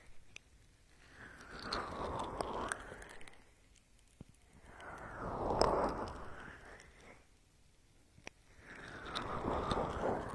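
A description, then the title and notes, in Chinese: Vigorous ear rubbing with oil comes in three slow swells, around 1–3, 4.5–7 and 9–10 seconds, each a rough, slick friction that rises and fades. Quiet gaps sit between the strokes, dotted with sharp little clicks and crackles. 暴力精油搓耳！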